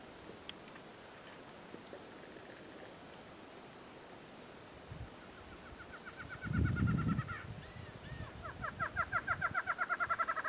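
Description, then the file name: Barred antshrike song beginning softly and building into a fast run of nasal notes near the end, with a low thump and rustling before it. "Canto do choca barrada"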